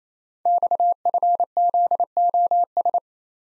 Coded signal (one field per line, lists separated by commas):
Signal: Morse code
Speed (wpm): 29 wpm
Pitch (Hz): 700 Hz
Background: none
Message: XFZOS